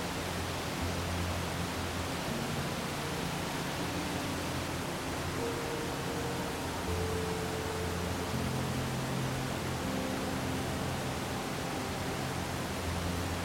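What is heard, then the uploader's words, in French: A waterfall rushes in a dense, steady hiss that fills the whole 13 seconds at a constant loud level. Beneath it, soft low sustained tones shift every few seconds, with a few faint higher notes drifting in around the middle and later. Une CASCADE Apaisante et une MUSIQUE. Une cascade mélodieuse associée à une musique douce. Le murmure harmonieux de l'eau et le jeu subtil des notes.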